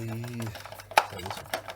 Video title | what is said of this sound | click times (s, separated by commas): Hoover Turbopower Boost U2718 - FULL Stripdown and Refurbishment! | all pulls itself down and clicks into place with the screws okay lovely | 1.0 s